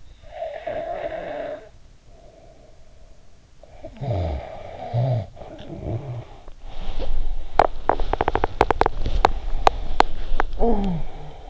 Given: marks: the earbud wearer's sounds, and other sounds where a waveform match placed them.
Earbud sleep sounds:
sounds in sleep by an in-ear microphone; snoring breath, teeth grinding, talking in sleep
0.00-3.45 s: snoring breath
3.57-6.63 s: snoring breath
6.63-11.50 s: teeth grinding
10.55-11.07 s: talking in sleep

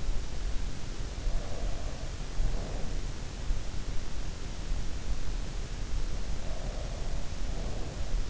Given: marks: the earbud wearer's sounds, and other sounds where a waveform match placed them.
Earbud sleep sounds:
sounds in sleep by an in-ear microphone; breath
1.22-3.02 s: breath
6.38-8.30 s: breath

